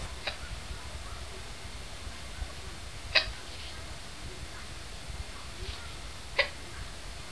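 Three sharp, brief gulping clicks about three seconds apart, roughly 19 a minute: typical hiccups in an adult.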